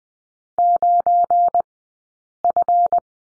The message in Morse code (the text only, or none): 9F